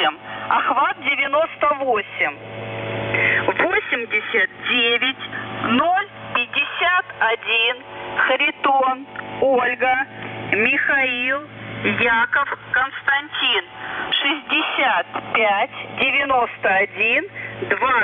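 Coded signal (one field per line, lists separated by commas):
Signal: coded military voice message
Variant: Russian, The Goose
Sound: male Russian voice reading codewords, names and numbers over radio, repeated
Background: radio static, low hum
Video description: "The Goose" is a Russian military radiostation that broadcasts on 4310 kHz at daytime and on 3243 kHz at nighttime.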